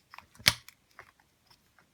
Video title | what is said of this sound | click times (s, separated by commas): Contours Options Elite Double Stroller Blogger Review | push the wheel into place until it clicks. | 0.5 s